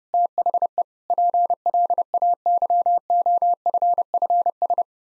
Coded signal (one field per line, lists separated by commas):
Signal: Morse code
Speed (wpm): 31 wpm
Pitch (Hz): 700 Hz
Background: none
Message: THE PLAYOFFS